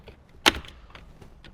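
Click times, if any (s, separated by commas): 0.5 s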